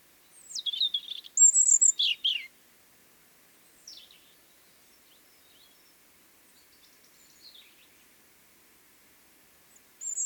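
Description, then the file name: European robin song: a short burst of high, sweet warbling notes, then faint thin twitters during a long pause, and a new high phrase starting at the end. "Erithacus rubecula"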